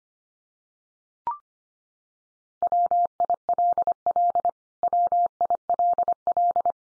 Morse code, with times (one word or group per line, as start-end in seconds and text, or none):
2.6-4.5 WILL
4.8-6.7 WILL